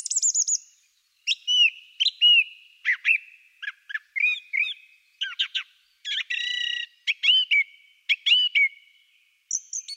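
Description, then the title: Song Thrush singing loud, varied phrases: rapid high notes, slurred whistles and rattles, many given twice or three times in a row. Sings from well before sunrise until late evening; sings with more zest in rainy weather; one of the three top songbirds with the nightingale and blackbird. "Notenkrakers - Aflevering 34 zanglijster"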